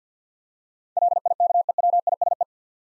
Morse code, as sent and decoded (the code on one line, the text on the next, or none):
.-.. .. -.- . .-- .. ... .
LIKEWISE